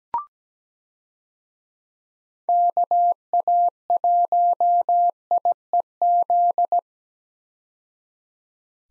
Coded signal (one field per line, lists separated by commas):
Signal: Morse code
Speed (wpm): 17 wpm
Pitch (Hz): 700 Hz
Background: none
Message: KA1IEZ